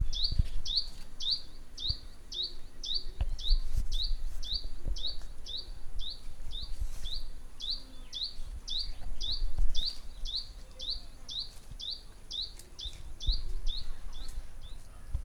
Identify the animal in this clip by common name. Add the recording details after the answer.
Tawny-flanked Prinia. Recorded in northern Uganda